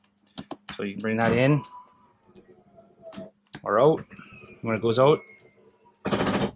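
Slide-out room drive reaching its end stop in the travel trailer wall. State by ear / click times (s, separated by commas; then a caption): torque reached / 6.1 s. On a 2020 Jayco White Hawk 24MBH travel trailer, the slide-out room is run out with the wall switch while someone talks. At 6.1 s the slide-out drive clutch breaks into a rapid clicking, ratcheting noise as the room reaches its end stop in the trailer wall. The clicking means the slide is at full extension and sealed, which keeps out water damage and leakage.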